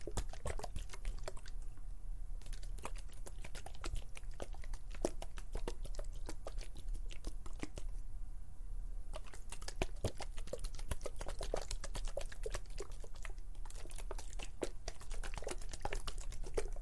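Dense, rapid finger plucking and pinching clicks flutter almost continuously, with brief thinner pauses near two and eight seconds, over a low steady rumble.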